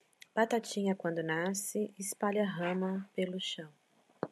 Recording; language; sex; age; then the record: short text; Brazilian Portuguese; female; 40 to 49 years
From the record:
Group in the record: control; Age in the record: 45 years